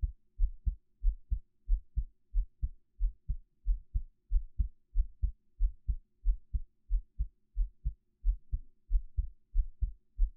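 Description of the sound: Steady, deep lub-dub thumps at about 90 beats a minute, an ordinary adult heartbeat heard close up through a 3Dio binaural microphone, with no talking.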